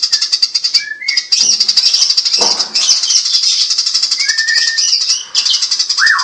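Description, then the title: Eurasian tree sparrow song: rapid high chattering chirps run continuously, mixed with a few short clear whistles and a final slurred whistle. Gacor, a long rolling song ('ngerol panjang'). "Burung Master : Burung Gereja Gacor Ngerol Panjang"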